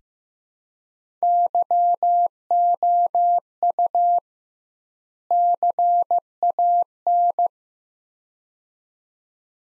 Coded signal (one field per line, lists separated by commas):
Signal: Morse code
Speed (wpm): 15 wpm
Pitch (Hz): 700 Hz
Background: none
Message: YOU CAN